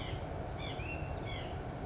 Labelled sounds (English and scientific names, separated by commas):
White-breasted Nuthatch (Sitta carolinensis)